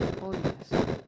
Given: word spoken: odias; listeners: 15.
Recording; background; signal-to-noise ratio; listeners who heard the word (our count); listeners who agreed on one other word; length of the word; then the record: one Spanish word in noise, from a listening test; noise modulated by one talker; -10.5 dB; 0 of 15; 9 of 15; 0.68 s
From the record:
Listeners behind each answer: 9, 2, 1, 1, 1, 1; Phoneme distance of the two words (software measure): 7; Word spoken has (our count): 2 syllables, 5 phonemes, stress on syllable 1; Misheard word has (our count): 2 syllables, 4 phonemes, stress on syllable 1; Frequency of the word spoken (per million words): 0.64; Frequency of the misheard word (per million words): 3.46